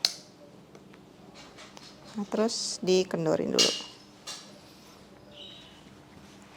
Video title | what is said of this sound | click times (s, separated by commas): Tutorial Nursing Position (Menyusui dalam gendongan) Menggunakan Levana Air Carrier | Kita pasang juga sampai bunyi klik. | 0.0 s